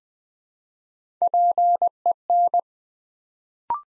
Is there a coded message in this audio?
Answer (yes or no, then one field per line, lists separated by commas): yes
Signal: Morse code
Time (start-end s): 1.2-2.6 s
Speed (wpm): 20 wpm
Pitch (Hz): 700 Hz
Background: none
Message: PEN